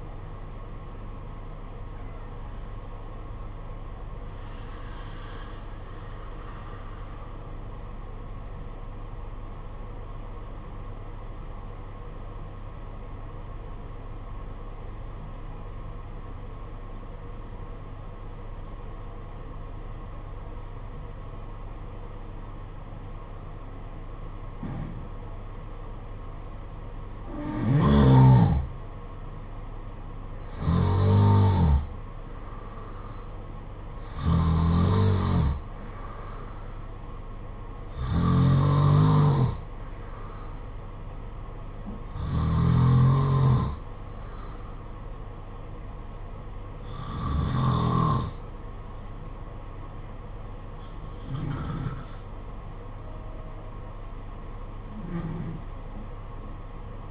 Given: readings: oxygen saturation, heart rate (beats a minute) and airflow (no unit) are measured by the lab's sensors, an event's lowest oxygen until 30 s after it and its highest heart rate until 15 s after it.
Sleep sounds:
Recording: breathing in sleep by a smartphone at the bedside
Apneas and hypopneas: 1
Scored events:
9.00-28.00 s: obstructive apnea (N2, oxygen 95% highest, then 87% lowest, heart rate 50 at the start, 57 highest)
From the record:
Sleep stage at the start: N2 (light sleep)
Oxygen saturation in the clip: 81 to 95%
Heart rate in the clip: 49 to 57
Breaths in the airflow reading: 9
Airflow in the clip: -8.9 to 6.9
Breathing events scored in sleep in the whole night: 476 in 9.7 hours asleep

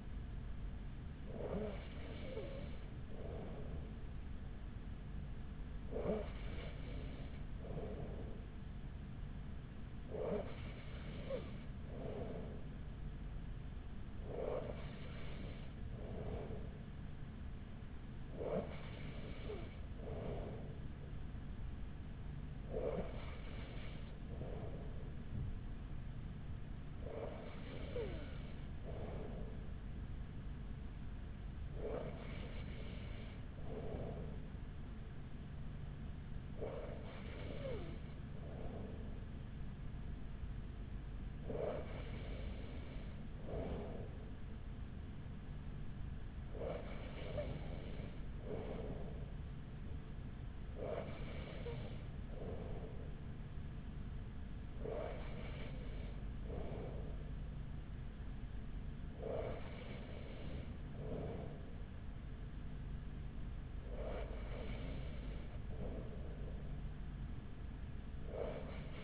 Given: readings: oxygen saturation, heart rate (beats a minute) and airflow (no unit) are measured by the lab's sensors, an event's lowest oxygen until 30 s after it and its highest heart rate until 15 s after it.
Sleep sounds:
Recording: breathing in sleep by a smartphone at the bedside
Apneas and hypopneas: none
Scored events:
none scored
From the record:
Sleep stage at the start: N3 (deep sleep)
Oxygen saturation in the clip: 94%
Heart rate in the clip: 41 to 43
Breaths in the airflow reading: 15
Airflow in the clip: -5.1 to 4.6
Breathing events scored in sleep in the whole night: 207 in 7.6 hours asleep

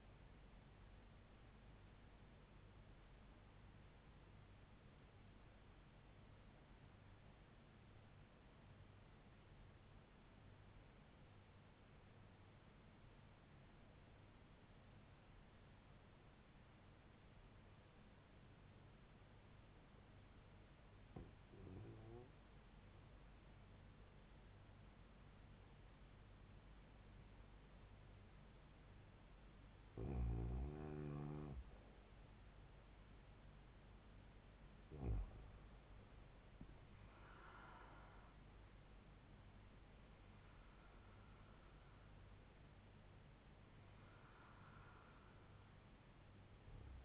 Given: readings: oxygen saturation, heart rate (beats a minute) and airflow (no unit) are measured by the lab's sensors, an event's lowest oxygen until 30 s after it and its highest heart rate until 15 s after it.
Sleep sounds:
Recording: breathing in sleep by a voice recorder at the bedside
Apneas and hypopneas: 1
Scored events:
5.00-29.50 s: obstructive apnea (REM, oxygen 99% highest, then 94% lowest, heart rate 71 at the start, 87 highest)
From the record:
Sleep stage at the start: REM sleep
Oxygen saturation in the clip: 94 to 100%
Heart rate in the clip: 70 to 87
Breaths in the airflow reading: 5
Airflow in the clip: -6.1 to 6.3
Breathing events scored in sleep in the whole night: 158 in 7.3 hours asleep

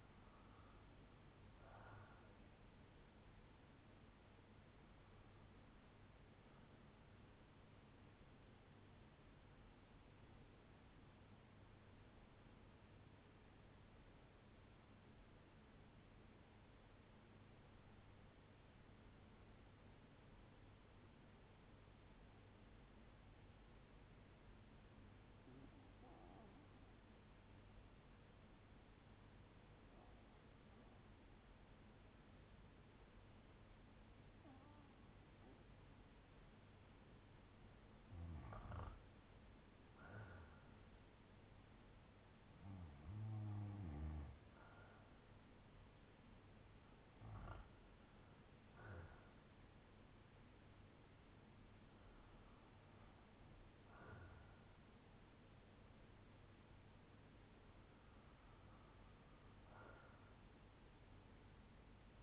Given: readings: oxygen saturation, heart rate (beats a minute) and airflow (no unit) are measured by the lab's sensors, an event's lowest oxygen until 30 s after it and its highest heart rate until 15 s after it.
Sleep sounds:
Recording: breathing in sleep by a voice recorder at the bedside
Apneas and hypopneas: 1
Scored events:
11.00-39.70 s: hypopnea (REM, oxygen 96% highest, then 87% lowest, heart rate 59 at the start, 76 highest)
From the record:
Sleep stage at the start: REM sleep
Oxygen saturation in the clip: 88 to 96%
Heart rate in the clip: 58 to 80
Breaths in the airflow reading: 15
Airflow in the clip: -9.1 to 7.1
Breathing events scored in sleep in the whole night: 182 in 7.4 hours asleep

